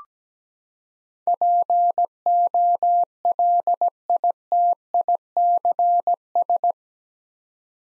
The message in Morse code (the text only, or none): POLITICS